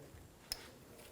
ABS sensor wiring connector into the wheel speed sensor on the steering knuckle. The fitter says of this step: push until you hear a click if you don't give it a pull make sure it's locked on